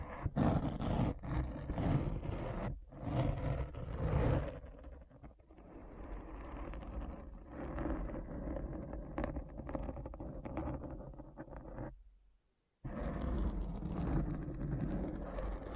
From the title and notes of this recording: ASMR Deep Brain Scratch (No Talking).